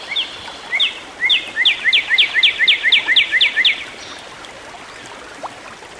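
Bird song, a steady run of about a dozen quick upslurred chirps, evenly spaced at roughly four per second, over faint background hiss.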